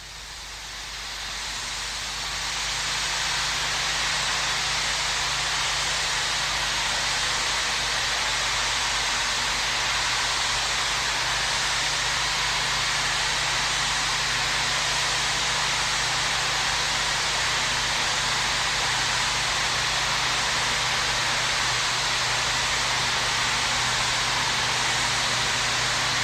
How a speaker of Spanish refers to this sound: Agarraron un montón de cassettes vírgenes que no suenan todos iguales, samplearon el soplido, lo procesaron de distintas maneras y armaron este disco del año 2000